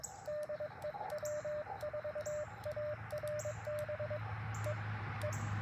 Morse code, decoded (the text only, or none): DE W4ARB E E